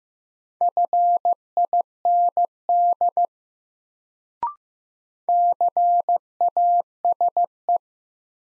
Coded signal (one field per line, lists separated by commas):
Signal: Morse code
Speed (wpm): 15 wpm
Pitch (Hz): 700 Hz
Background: none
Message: FIND CASE